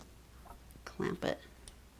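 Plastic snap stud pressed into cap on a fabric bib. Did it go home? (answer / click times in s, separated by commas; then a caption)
no / none. A male plastic Kam snap stud is pressed into its cap through a fabric baby bib and handled with snap pliers, ready to be clamped shut. Someone talks briefly in the middle while faint handling ticks come at about 0.7, 0.9 and 1.7 seconds. Nothing has seated or clicked yet.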